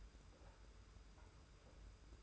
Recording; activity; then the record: daily activity, microphone in the room; take from stove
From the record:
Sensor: 2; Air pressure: 991.0 hPa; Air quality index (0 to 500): 110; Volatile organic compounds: 50 ppm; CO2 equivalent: 3294 ppm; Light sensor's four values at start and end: 34/102/40/38 and 34/102/40/38